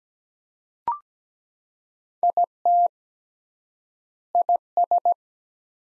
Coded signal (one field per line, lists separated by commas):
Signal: Morse code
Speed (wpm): 17 wpm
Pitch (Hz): 700 Hz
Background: none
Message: IT IS